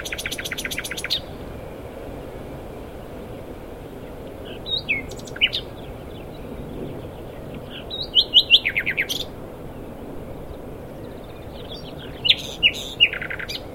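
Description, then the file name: Common nightingale song: a fast rattling burst of repeated high notes at the start, then short phrases of whistled and sharp notes around five, eight and twelve seconds over steady background hiss. "Luscinia megarhynchos"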